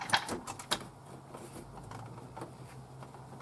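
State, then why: Not seated. A replacement shifter assembly with retaining clips is handled at its mount in the console of a 2004–2006 T1N Sprinter van. There are a few short handling knocks in the first second, then a low steady hum. Nothing has seated or clicked yet.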